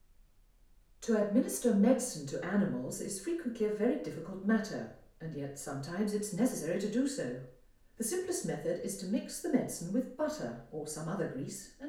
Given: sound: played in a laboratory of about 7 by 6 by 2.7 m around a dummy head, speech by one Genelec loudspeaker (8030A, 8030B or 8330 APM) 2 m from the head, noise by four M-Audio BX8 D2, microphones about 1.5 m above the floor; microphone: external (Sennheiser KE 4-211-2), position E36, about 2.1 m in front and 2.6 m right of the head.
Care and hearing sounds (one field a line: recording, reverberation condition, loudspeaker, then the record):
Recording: female speech in English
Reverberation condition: medium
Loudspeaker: 90 degrees to the left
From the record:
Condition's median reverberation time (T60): about 510 ms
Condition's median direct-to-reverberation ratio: about -0.5 dB